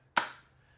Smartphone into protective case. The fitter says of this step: Solid click onto there.